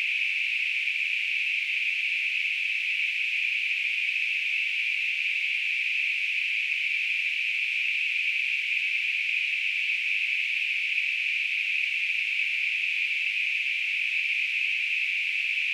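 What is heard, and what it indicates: A steady, unchanging high-pitched hiss, a band of noise centred around 2 to 3 kHz, holds at constant loudness for about 16 seconds with no pauses or pulsing. It is a simulation of tinnitus, the ringing or hissing some people hear in their ears.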